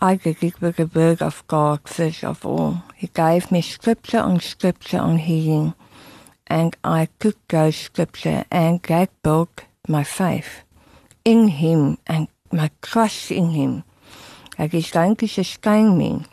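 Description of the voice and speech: An adult woman who survived tongue cancer, with her tongue removed and reconstructed, speaks in a slow, steady monologue with frequent pauses. Tongue sounds are blurred or substituted: 't' and 'l' come out as 'k' or drop out, and several words become hard to make out, as in speech after removal of the tongue.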